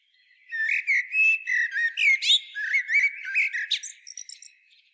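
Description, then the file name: Eurasian blackbird giving one continuous burst of quick clicky notes over thin whistles, ending in a few scattered chips. "Turdus merula"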